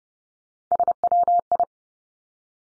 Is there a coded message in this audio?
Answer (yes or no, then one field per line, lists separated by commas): yes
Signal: Morse code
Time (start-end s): 0.7-1.6 s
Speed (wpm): 30 wpm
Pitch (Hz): 700 Hz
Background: none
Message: SWI